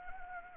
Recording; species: mosquito wingbeat signal from an infrared sensor; Anopheles arabiensis